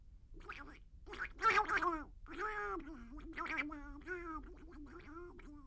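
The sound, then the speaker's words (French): A raspy, nasal duck voice quacks in a warbling, sing-song run of notes for several seconds, buzzy and fairly loud, with no other sounds around it. “C'est le canard qui chante.”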